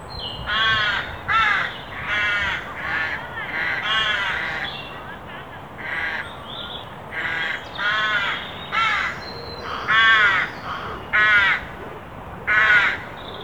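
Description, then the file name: Carrion crow giving a long series of harsh, hoarse caws, roughly one every second. "Corvus corone"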